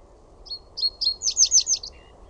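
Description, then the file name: Reed bunting song, a single short phrase opening with thin high notes and ending in a rapid series of chipping notes, over low rumbling background. "PAJUSIRKKU"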